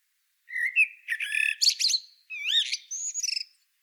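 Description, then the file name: Common blackbird song phrase, a mellow fluted warble sliding up and down, then bursts of thin, high, scratchy twittering notes over about three seconds. "Turdus merula"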